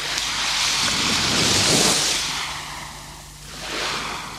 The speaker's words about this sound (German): Die Brandung. Wir sind da.